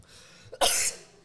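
A single short, harsh dry cough from an adult man in a quiet room. He coughs often and feels a strong itch at one spot; an X-ray found nothing wrong.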